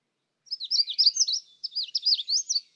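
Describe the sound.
Magnolia warbler song: two quick high phrases of slurred, squiggly whistled notes, each about a second long, separated by a short pause.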